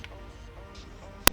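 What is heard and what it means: A plastic center console trim piece on a 987 Cayman S is pressed so its tabs clip into the ashtray housing, which has been cut and ground down. After a low, steady background hum, a single sharp, loud click rings out at 1.3 s as the tabs snap into place. The trim is seated, with just a little interference.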